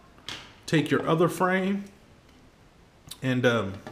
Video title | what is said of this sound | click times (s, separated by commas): Review Nextar 7 Inch Digital Photo Frame | trying to be very careful pull it out it pops out | 0.3 s